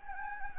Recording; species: mosquito wingbeat signal from an infrared sensor; Anopheles gambiae